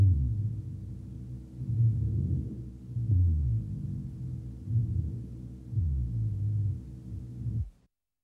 Rhonchus Right Lower Lobe.